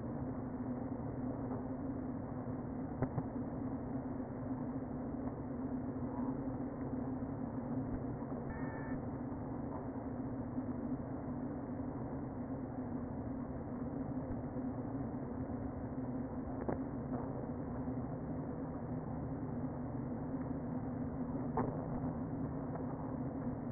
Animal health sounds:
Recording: honeybee colony, microphone inside the hive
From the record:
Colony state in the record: queen present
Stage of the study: before two queens were removed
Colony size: about 60,000 bees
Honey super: yes

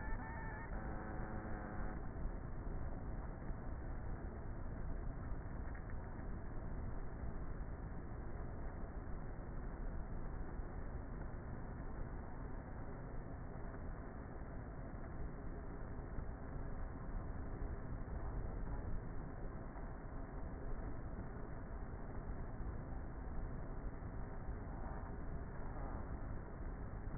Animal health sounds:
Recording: honeybee colony, microphone inside the hive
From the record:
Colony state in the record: queenless with a low population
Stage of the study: before two queens were removed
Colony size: about 30,000 bees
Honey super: no

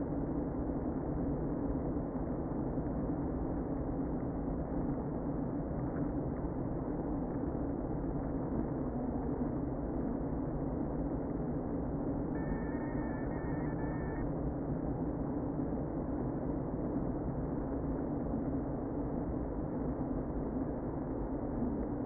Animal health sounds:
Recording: honeybee colony, microphone inside the hive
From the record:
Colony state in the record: queen present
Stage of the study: before two queens were removed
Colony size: about 60,000 bees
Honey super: yes

